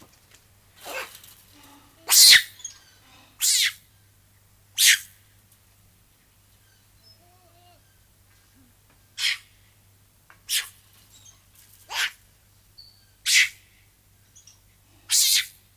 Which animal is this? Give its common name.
Lion-tailed Macaque